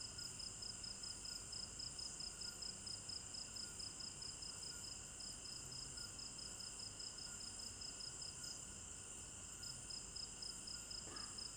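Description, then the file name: Crickets chirping in quick regular high pulses over steady insect drone, with a brief soft knock near the end. Recorded at night in a village garden in Africa; binaural stereo recording. "African-Village Garden Night Crickets 02 Stereo-Binaural"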